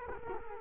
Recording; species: mosquito wingbeat signal from an infrared sensor; Culex quinquefasciatus